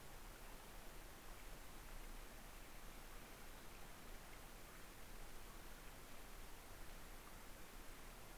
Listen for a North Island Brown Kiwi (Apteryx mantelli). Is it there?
no